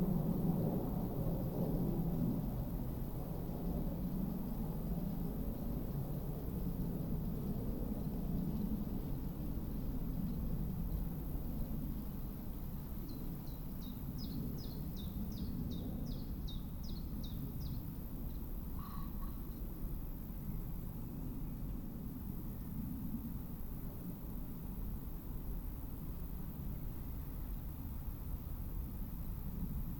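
A distant train rumbles low and steady through the woodland the whole time, with a short high bird trill around the middle.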